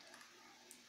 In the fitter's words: there you go a little click and unit